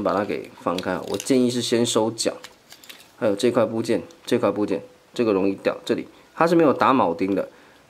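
Someone talks while handling a Transformers Combiner Wars Deluxe Class Brawl toy, working with a loose plastic panel on its leg that is not riveted and easily falls off. Speech fills the clip, with faint handling noise in the quiet gaps. The panel is being handled and will snap back into place, but nothing has seated or clicked yet.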